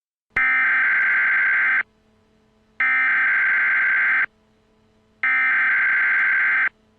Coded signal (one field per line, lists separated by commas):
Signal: Emergency Alert System (SAME) tones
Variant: header bursts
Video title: EAS scenario- Hacked.